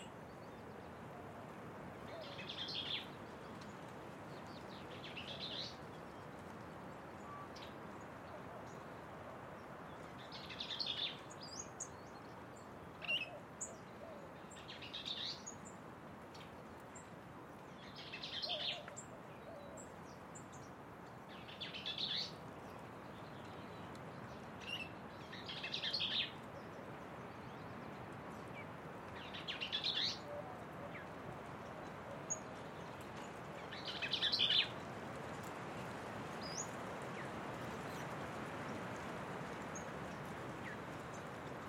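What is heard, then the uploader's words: Birds call in a mesquite grove along a canyon trail, short bright bursts repeating every few seconds, roughly a dozen over the stretch. A steady wash of low outdoor noise, like wind or traffic, runs underneath throughout. Patagonia Mesquite Grove. Patagonia Lake State Park on the Birding Trail which winds through Sonoita Canyon.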